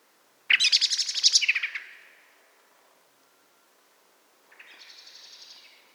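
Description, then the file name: Common blackbird chattering call: a rapid burst of harsh, high notes lasting just over a second, followed after a pause by a fainter chatter. "Turdus merula"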